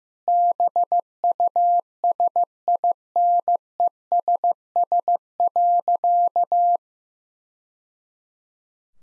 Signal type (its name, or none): Morse code